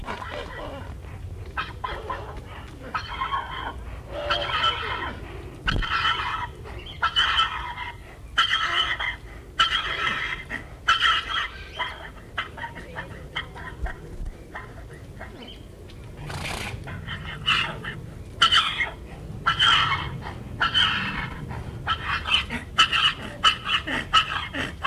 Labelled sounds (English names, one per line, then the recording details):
Père David's Deer rut call
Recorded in captivity
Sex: male
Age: adult
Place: Zoo Halle, Sachsen-Anhalt, DE
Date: 1978-07-12 13:03
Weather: sunny, 26°C
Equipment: Uher CR 210, Sennheiser MD 421, Kopie Uher 4200
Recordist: Tembrock, Günter